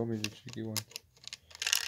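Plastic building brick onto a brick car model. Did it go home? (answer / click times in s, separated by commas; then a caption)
yes / 1.7 s. Someone talks while pressing a plastic LEGO brick, the tricky piece, onto a LEGO Speed Champions Audi Sport quattro S1 brick car model, with a few small plastic taps and clicks toward the end. The brick clicks into place at about 1.7 seconds, seating easily.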